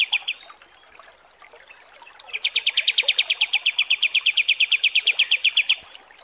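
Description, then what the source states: Striated Grassbird: kapas tembak song: a few opening notes, a pause, then a sustained rapid chatter of repeated notes lasting over three seconds. Masteran tutoring recording of kapas tembak song.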